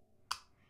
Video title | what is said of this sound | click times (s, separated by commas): ResMed® AirFit™ F20 Review | it'll simply click into place. | 0.3 s